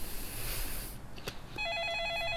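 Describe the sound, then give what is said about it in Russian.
A telephone in the hallway starts ringing with a bright, rapidly pulsing electronic warble that holds steady and fairly loud, preceded by a stretch of hissy noise and a sharp click. No one speaks. “Сам Гена ушел в прихожую к телефону.”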